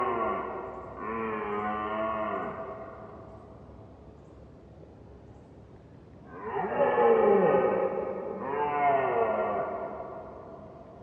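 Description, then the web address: Red deer roars: two groaning bellows early on, a quiet gap, then two louder rough roars. Red deer roaring, heard from far distance; mid-side stereo. "Sonniss com - GDC 2018-Game Audio Bundle Ivo Vicic - Red Deer and Roe Deer - Roaring, barking and other sounds Red Deer far distance MS"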